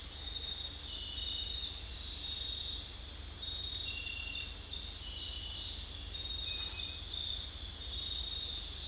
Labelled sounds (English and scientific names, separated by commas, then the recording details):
none
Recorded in dense forest near Puerto Asís, Putumayo, Colombia, on 20 December 2024 at 22:00
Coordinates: 0.467, -76.328
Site GP05